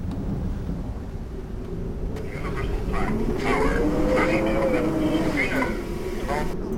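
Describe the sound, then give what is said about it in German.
A deep, continuous thunderstorm rumble rolls on without letup, heard from an aircraft cut off 3800 metres above the storm, swelling a little midway, with a faint wavering tonal hum riding above the low roar. “Wir sind in 3800 Metern über dem Gewitter abgeschnitten.”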